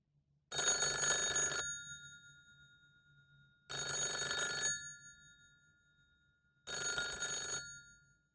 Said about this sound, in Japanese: 何ですか？ 電話ですね。 はい、そうです。電話です。